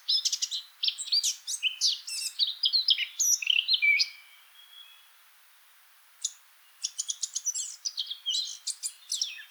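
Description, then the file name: Eurasian blackcap song: fast jumbled warble of scratchy and clear notes ending in a thin whistle, silence for two seconds, then another quick chattering burst. "Sylvia atricapilla"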